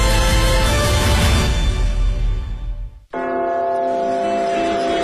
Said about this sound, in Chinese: 大本钟的钟声记载着时间的流逝